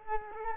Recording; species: mosquito wingbeat signal from an infrared sensor; Culex quinquefasciatus